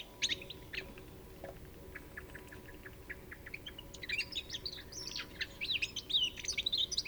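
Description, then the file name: European goldfinch calls begin as sparse, scattered high chips, then build into rapid, tinkling twittering chatter toward the end. "Carduelis carduelis 151205"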